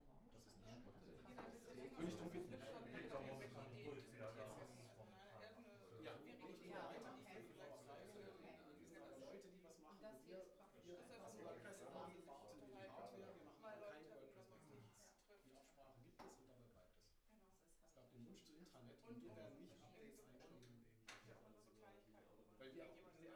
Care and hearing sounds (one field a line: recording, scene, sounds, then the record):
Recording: everyday scene through a hearing-aid microphone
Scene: many people talking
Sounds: many voices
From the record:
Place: bistro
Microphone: behind the ear, right, rear